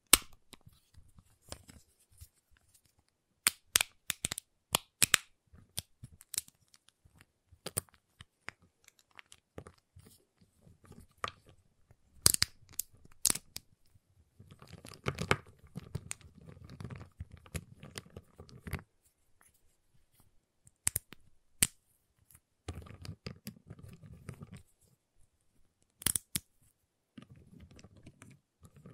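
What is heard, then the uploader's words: Sharp clicks and snaps from a giant chocolate bar come in irregular bursts, some loud, with quick clusters around 3–6 and 12–13 seconds. Stretches of softer crackling and crinkling fill about 15–18 and 23–25 seconds. ASMR Giant Chocolate Bar Tapping, Cutting, Snapping Sounds (No Talking).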